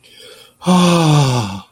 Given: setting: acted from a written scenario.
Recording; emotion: vocal sound without words; ecstasy